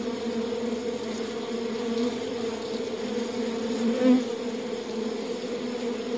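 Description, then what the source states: Honey bee: steady humming buzz of many honey bees, a low unbroken drone with a brief louder swell about two-thirds of the way through. Recorded at a bee hive.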